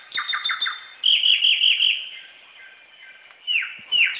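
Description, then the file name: Samyong with a brief burst of quick notes, a wavering whistled phrase, then two separate falling whistles after a pause. Recorded in forest. "suara burung samyong di hutan"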